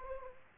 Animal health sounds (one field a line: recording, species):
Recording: mosquito wingbeat signal from an infrared sensor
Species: Aedes aegypti